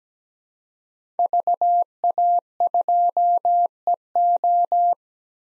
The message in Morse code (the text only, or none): VA2EO